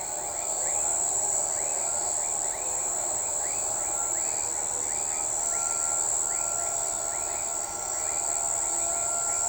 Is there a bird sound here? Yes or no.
no